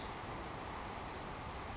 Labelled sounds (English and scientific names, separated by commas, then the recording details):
Savannah Sparrow (Passerculus sandwichensis)
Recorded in Sonoma County, California